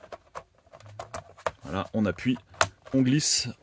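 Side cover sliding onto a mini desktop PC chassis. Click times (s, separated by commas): 1.5 s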